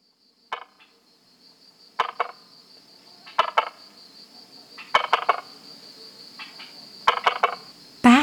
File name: Polypedates braueri